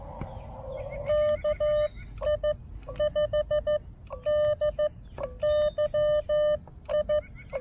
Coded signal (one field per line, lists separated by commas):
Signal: Morse code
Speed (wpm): 15 wpm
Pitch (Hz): 590 Hz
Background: none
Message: KI 5 D YI